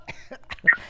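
A short, harsh cough from an adult, loud and close, coughed straight into a microphone in a small room.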